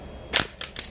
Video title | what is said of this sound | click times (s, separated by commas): A-wing Reviews: 75273 Poe Dameron's X-wing! | makes the x-foil snap into place and right there um | 0.4 s